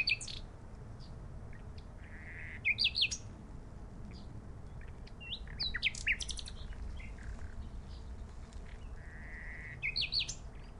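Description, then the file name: Common nightingale singing separate short phrases of rich whistles and sharp chirps, spaced by pauses of a few seconds over a steady low background hiss. "Luscinia megarhynchos"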